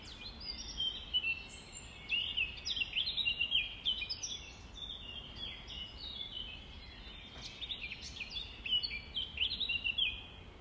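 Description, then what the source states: Nightingale singing rich, rapid whistled phrases. Recorded at dawn on 5 May 2020, around 05:33.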